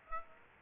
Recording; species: mosquito wingbeat signal from an infrared sensor; Aedes aegypti